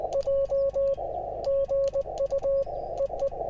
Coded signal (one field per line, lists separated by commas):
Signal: Morse code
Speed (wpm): 19 wpm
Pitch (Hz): 550 Hz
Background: none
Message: J GU EE